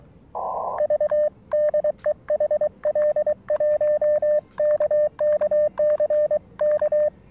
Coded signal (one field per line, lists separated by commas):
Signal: Morse code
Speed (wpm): 22 wpm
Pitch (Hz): 600 Hz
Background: radio noise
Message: V DE HL1KKC K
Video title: SOTA Operation,백련산